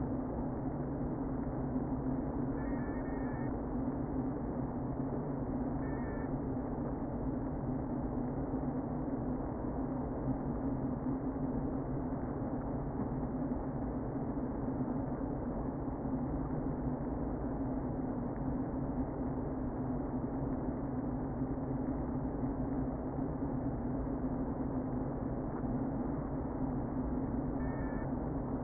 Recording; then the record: honeybee colony, microphone inside the hive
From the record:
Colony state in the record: queen present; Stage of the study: before two queens were removed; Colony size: about 60,000 bees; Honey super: yes